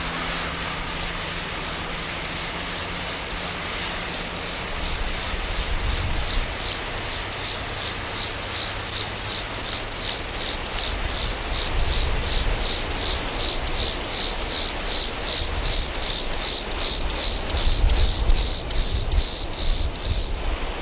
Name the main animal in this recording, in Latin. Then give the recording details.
Chorthippus mollis. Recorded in the wild. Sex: male. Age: imago. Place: Kunersdorf, Brandenburg, DE. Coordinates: 52.6767, 14.1578. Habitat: Feldrand. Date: 1999-09-20 16:08. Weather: sonnig, 24°C. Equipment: Sony WM-D6C, Sennheiser ME 80, Kopie Uher 4000 Report Monitor. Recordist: Tembrock, Günter. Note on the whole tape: Männchen am Weibchen: Stridulation, Feldrand bei Kunersdorf (nahe der Kirche)